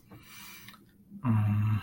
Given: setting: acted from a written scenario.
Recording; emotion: vocal sound without words; guilt